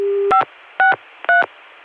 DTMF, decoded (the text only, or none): 563